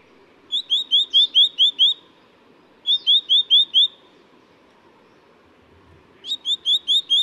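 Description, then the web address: Black-naped monarch repeating rapid strings of sharp upslurred notes in three series with pauses between, over faint steady background noise. Recorded at Yushan. "黑枕藍鶲 Yushan"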